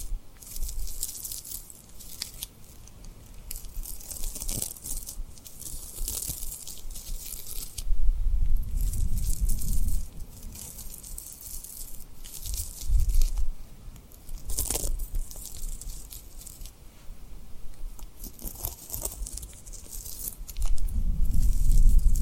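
Rubbing and tapping on a rhinestone surface, with crackly, crinkling scrapes that swell and fade in uneven bursts. Low thumps rise under the rubbing around eight to eleven seconds, again near fifteen, and at the end, with short sharp taps scattered between.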